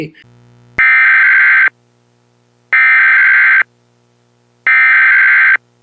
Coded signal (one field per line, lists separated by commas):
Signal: Emergency Alert System (SAME) tones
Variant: header bursts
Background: speech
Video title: EAS Scenario #12 - School's Out / Tri-State Weather Disaster